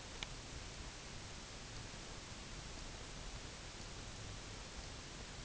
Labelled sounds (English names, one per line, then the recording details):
none
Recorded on Arctic tundra, site UTQI-0, on 22 June 2018
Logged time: 12:00